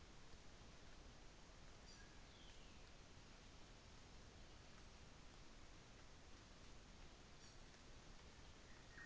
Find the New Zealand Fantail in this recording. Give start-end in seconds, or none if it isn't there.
1.63-2.17, 7.21-7.66